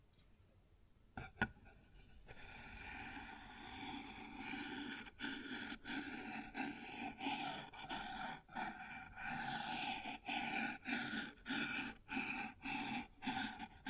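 Sounds on a wooden surface: after a near-silent start and a single sharp knock around one second, a steady, dense rubbing or scraping begins and continues to the end. Brief breaks and clicks interrupt it every second or so, giving a loose, repeating rhythm.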